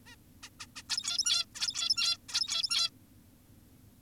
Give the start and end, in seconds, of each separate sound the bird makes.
0.06-0.16, 0.43-0.49, 0.60-0.66, 0.76-0.83, 0.90-1.46, 1.55-2.18, 2.29-2.90